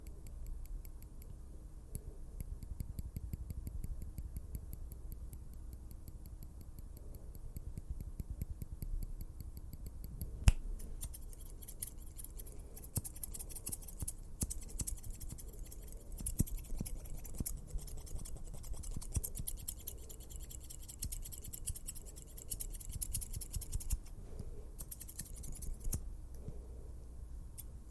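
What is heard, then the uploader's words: Fast, aggressive tapping and snipping scissor sounds form a dense, steady stream of crisp clicks over a low rumble, with a sharp snap near ten seconds. TAPPING, RUBBING, SCISSOR, LIQUID. FAST AND AGGRESSIVE TRIGGERS.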